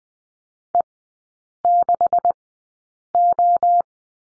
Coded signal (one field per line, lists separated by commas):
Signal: Morse code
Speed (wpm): 20 wpm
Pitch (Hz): 700 Hz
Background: none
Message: E6O